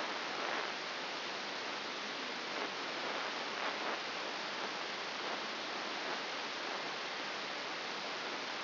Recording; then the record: brain microelectrode recording played as sound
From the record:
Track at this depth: outside the subthalamic nucleus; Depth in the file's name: 6.501 mm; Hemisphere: left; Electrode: 2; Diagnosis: Parkinson's disease